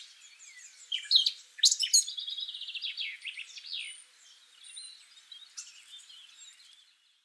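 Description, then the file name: Eurasian blackcap song, a burst of sharp notes and a rapid rattling trill of repeated elements, then quieter twitters, against a light hiss. "Sylvia atricapilla"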